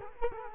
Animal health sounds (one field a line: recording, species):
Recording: mosquito wingbeat signal from an infrared sensor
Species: Culex quinquefasciatus